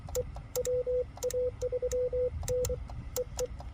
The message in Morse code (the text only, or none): E WA3NEE